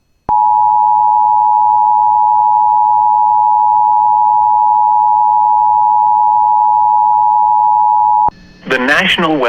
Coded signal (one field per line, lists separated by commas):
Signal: Emergency Alert System (SAME) tones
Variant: 853 and 960 Hz attention tone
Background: speech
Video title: [EAS] Severe Thunderstorm Warning for Beltrami and Hubbard Counties on July 9th 2023